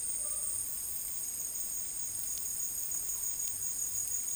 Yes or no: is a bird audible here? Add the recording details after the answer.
no. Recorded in dense forest near Puerto Asís, Putumayo, Colombia, on 23 June 2025 at 15:30. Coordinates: 0.503, -76.323. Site G059